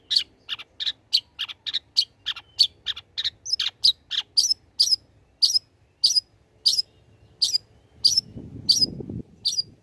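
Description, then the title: Long-tailed shrike delivering quick, repeated high chirps at a steady pace, then a slower series of sharp notes, with a brief low rumbling noise near the end. Lively, actively singing (gacor) bird, recording suited for use as a tutor (masteran) for training other birds. "Cendet Gacor Cocok Untuk Masteran"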